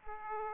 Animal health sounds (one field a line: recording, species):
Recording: mosquito wingbeat signal from an infrared sensor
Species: Aedes aegypti